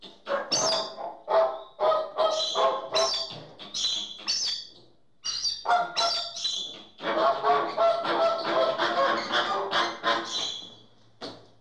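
Bird giving harsh, squawking calls in rapid uneven bursts, several notes close together, with brief pauses before the squawks resume.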